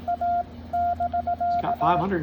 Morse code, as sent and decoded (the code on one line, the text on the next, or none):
.- -...-.-
A<BK>